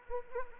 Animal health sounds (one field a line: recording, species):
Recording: mosquito wingbeat signal from an infrared sensor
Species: Anopheles arabiensis